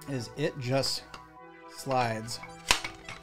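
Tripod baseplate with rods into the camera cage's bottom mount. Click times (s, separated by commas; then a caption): 2.7 s. A tripod baseplate fitted with 15 mm rods is slid onto the bottom mount of a camera cage while someone talks. A sharp click at 2.7 s marks the plate locking into place, followed by fainter clicks.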